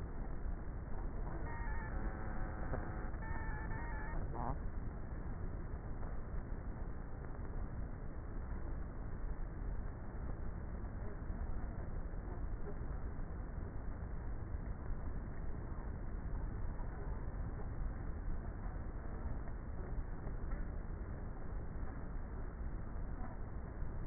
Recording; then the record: honeybee colony, microphone inside the hive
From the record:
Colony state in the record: queenless with a low population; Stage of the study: before two queens were removed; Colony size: about 30,000 bees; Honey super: no